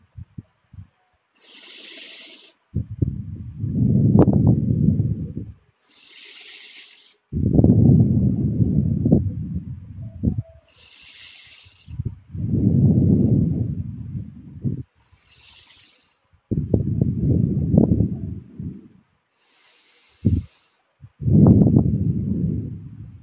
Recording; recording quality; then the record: deep breathing; excellent, no background noise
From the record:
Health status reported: healthy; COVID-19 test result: not tested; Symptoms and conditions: none ticked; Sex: male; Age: 26 years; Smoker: not ticked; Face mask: not worn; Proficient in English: yes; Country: India